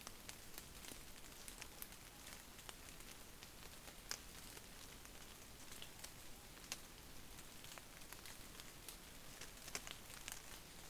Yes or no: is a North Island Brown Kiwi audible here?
no